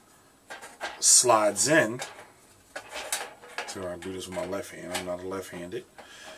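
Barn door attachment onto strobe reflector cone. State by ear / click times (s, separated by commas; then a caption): not seated / none. A metal Godox BD04 barn door attachment is fitted by hand onto a strobe's reflector cone, to be secured with the wire clip on its back, while someone talks. Brief metallic handling clatters are heard around 2.8, 3.1 and 3.6 seconds. Nothing has seated or clicked into place yet.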